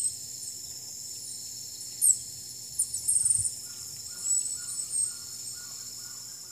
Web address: Natures Songs S America Eastern Lowlands Dacnis albiventris, calls and song